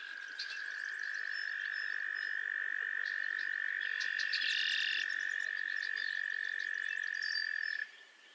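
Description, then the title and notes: Frogs trilling in chorus, one long steady high trill held for nearly eight seconds while fainter trills and short chirps overlap above it, then stops abruptly. Chorus of frogs calling to one another on a summer evening at Miners Marsh, Annapolis Valley, Nova Scotia. "Theraphonia - Frogsong at Miners Marsh. A chorus of frogs croon to one another on an idyllic summer evening in Miners Marsh, Annapolis Valley, Nova Scotia"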